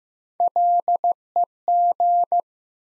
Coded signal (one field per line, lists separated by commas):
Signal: Morse code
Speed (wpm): 15 wpm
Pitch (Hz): 700 Hz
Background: none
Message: LEG